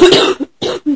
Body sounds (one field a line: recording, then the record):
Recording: coughing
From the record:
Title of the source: 30 Chesty and wet cough